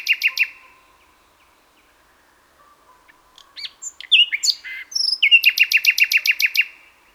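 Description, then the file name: Common nightingale song: a rapid repeated chirp series, then a pause, then varied whistles and buzzy notes ending in a fast trill of repeated chirps; a faint hum continues in the background. "Luscinia megarhynchos"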